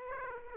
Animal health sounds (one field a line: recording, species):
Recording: mosquito wingbeat signal from an infrared sensor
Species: Aedes aegypti